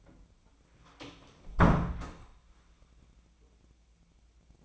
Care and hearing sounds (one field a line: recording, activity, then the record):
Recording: daily activity, microphone in the room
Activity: close door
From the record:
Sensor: 1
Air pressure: 1009.3 hPa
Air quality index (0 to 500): 188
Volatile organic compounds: 4 ppm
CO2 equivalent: 1586 ppm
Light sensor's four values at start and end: 69/161/72/78 and 69/159/71/77